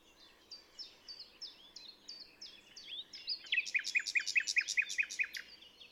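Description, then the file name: Common nightingale song: a series of short rising notes, then a loud fast run of repeated sharp notes over about two seconds. "Luscinia megarhynchos"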